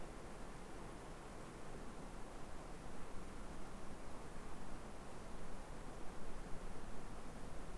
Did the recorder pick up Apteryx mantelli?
no